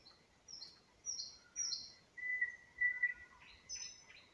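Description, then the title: Nightingale singing a varied phrase: high rasping notes, a long pure whistled tone held steady, then quick chirps. Spring song recorded near Huncha, Vinnytsia Oblast, Ukraine. "Гунча, Вінницька область, Україна, - Spring, nightingale singing"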